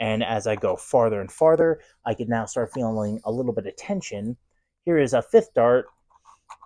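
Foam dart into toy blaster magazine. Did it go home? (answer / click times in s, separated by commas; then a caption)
no / none. A foam dart is pushed down into a stiff plastic toy blaster magazine against spring tension while someone talks. Faint, short scratchy sounds come near the end, around 6.5 and 6.6 seconds, but nothing has seated or clicked yet.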